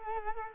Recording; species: mosquito wingbeat signal from an infrared sensor; Culex quinquefasciatus